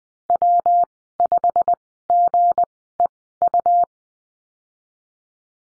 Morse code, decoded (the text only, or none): W 5 G E U